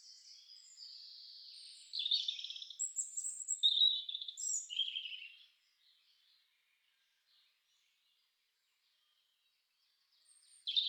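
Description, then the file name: European robin song: a varied phrase of high, thin warbling notes and trills, then near silence before a new phrase begins at the end. "roodborst"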